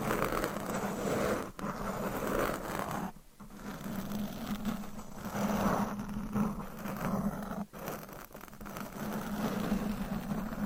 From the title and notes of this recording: ASMR Deep Mic Scratching - Brain Scratching Brain Melting Asmr No Talking for Sleep Long Nails.